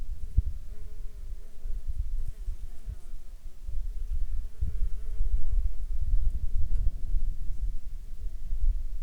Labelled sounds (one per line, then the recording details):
wind
insects
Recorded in Ivvavik National Park, Yukon, on 2 July 2019 at 17:24
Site SINP09